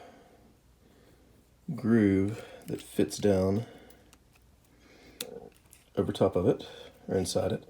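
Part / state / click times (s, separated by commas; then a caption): servo mounting bracket onto RC crawler axle diff cover / not seated / none. An aluminium servo mount bracket for a 1/24 RC crawler (Axial SCX24) is handled over the plastic front diff cover so that its groove can fit over the cover. Someone talks, with short faint handling ticks in the pauses and one sharper tick near 5.2 s. Nothing has seated or clicked yet.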